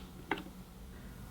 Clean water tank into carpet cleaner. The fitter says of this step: Then insert the clean tank like so and push it down until it clicks.